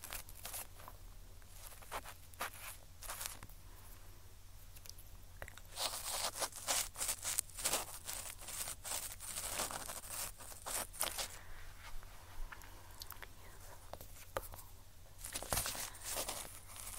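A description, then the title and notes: Ear cleaning with scratchy brushing and picking strokes, bursts of crinkly rustling, and denser scraping from six to eleven seconds and near fifteen seconds. ASMR Tascam Ear Cleaning (Picking, Brushing, Q-Tip, Tweezers).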